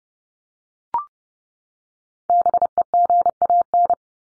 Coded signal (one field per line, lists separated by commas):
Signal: Morse code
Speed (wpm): 30 wpm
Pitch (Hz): 700 Hz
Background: none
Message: BEGAN